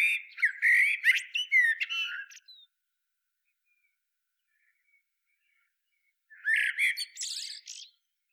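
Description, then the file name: Eurasian blackbird singing two phrases. A rich warbled whistle runs into a dense squeaky twitter, then a silence of about four seconds before the next phrase. "Turdus merula"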